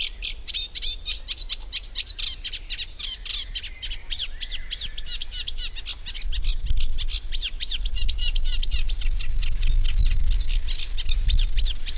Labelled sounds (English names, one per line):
Eurasian Reed Warbler song